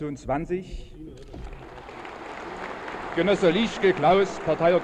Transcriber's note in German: Applaus